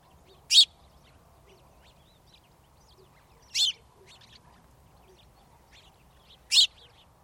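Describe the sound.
Bird calls: three short, harsh, noisy chirps spaced about three seconds apart, over a faint low background hum.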